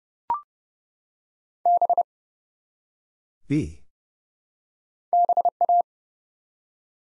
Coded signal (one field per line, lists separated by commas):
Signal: Morse code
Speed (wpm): 29 wpm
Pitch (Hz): 700 Hz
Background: none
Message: B BA